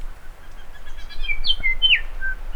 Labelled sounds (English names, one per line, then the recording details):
New Zealand Bellbird song
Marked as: Stutter(decurved), Stutter(alarmy), Nailpolish, Down(notched), Pipe(hi+tinystepup1), Down(CUV2), Pipe(F#[6]+)
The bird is a female
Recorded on Cuvier Island, New Zealand, on 5 November 2016
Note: StutterTypFCuvSong